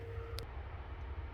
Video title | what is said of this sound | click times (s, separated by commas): Check Engine Light & Lack of Power? We'll fix this F150!! | that it's off this lock, I couldn't release it for some reason before, but now it just popped right out. | 0.4 s